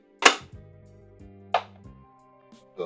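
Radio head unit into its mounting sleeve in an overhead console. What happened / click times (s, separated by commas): The radio unit locked into its mounting sleeve / 1.6 s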